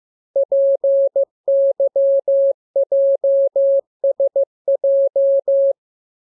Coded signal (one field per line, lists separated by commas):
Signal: Morse code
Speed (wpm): 15 wpm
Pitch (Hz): 550 Hz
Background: none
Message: PYJSJ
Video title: Learning Morse Code. Lesson 20. Letter KMURESNAPTLWI.JZ=FOY,